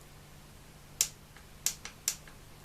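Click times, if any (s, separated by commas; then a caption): 1.0 s. A torque wrench set to ten newton metres tightens the ignition cover screws on a motorcycle engine. A sharp click at 1.0 s shows the screw has reached the setting and is tight enough. Further sharp clicks follow at 1.7, 2.1 and 2.6 s, with fainter ticks at 1.9 and 2.3 s over a steady low hum.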